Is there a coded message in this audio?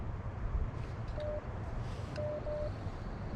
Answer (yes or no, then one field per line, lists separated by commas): no